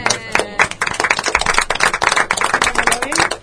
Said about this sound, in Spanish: Vamos, un aplauso. Muy bien.